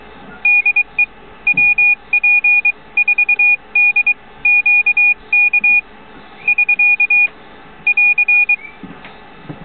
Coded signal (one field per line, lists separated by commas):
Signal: Morse code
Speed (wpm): 22 wpm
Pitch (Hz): 2450 Hz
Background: none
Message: DE WP4DQK <SK> <AR>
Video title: Piero Begali CW message